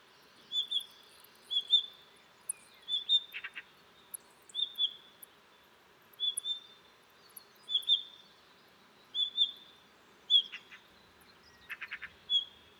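A Blue Rock Thrush gives short, sharp call notes at a steady pace, roughly one every second or so, all at a similar bright pitch. A few quick ticking bursts break in around the middle and near the end, over a faint, even hiss.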